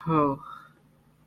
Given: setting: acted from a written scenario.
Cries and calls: vocal sound without words; romantic love

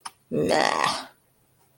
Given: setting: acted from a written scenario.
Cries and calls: vocal sound without words; contempt

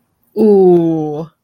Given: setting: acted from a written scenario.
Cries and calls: vocal sound without words; sympathy

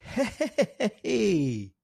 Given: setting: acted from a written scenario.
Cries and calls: vocal sound without words; positive surprise

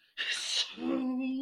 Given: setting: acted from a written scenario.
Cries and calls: vocal sound without words; triumph

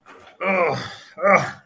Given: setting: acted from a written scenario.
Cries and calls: vocal sound without words; pain

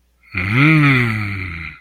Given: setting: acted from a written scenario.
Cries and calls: vocal sound without words; desire

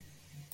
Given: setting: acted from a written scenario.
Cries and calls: vocal sound without words; negative surprise

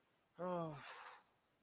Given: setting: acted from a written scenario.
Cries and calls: vocal sound without words; sadness

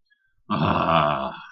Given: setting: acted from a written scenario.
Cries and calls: vocal sound without words; relief

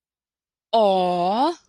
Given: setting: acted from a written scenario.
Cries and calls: vocal sound without words; adoration

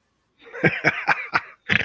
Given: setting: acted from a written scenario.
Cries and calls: vocal sound without words; amusement

